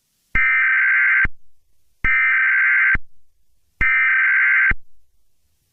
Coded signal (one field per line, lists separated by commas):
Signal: Emergency Alert System (SAME) tones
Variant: header bursts